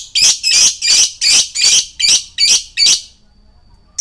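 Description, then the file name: Lovebird chirping: eight loud, harsh high chirps in an even rhythm over three seconds, followed by silence. Male lovebird; described as 'gacor', singing continuously and energetically. "suara lovebird jantan gacor"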